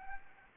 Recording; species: mosquito wingbeat signal from an infrared sensor; Anopheles arabiensis